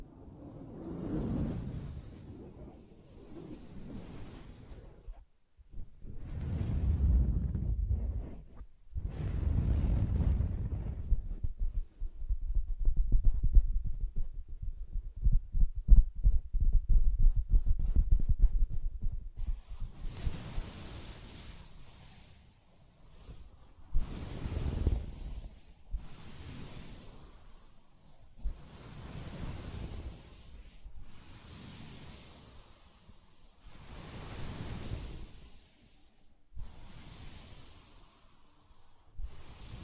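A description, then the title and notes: Soft fabric being handled, with low, muffled rubbing and thumping for the first twenty seconds. After that comes a series of brief, regular scratchy strokes, roughly every two to three seconds, each a dry bright swish over a soft low thud. ASMR Soft Fabric Surface Tapping & Scratching (No Talking).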